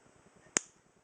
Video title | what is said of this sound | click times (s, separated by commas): Gear Review : Cold Steel Inferno (Pepper Spray) | Clicks in place you cannot activate it no matter how hard you put you're not going to | 0.6 s